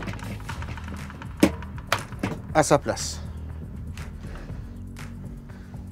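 The motor head of an Evolution R185SMS-Li radial mitre saw is brought onto its sliding rail and pushed into place, with a sharp click at 1.9 s as it locks. Background music plays and someone talks, and a few more clatters follow. The click means the motor head is properly fixed to its rail.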